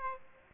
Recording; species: mosquito wingbeat signal from an infrared sensor; Aedes aegypti